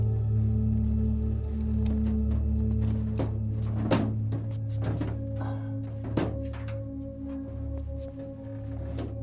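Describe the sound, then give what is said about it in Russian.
A man rummages through drawers on shelves searching for something, making irregular knocks, clunks and rattles over a steady low mechanical hum, with no talking. “Женщина в кислородной маске сидит на стуле и наблюдает, как ее муж ищет что-то по ящикам на полках.”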